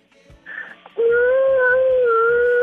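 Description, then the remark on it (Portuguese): A newborn baby cries in one long, loud, high wail that holds steady with a slight wavering pitch, after a brief muffled fuss. “Cadê o choro?”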